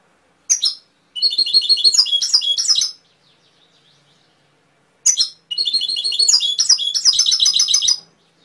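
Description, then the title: Canary song in two long phrases, each opening with a sharp chip and running into quick, varied trilled notes with rattling accents. Canary training (masteran) recording, full isian style. "mster Mnuk. Masteran Kenari"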